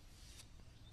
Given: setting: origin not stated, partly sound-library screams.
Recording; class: one-second piece from a danger detection set; normal situation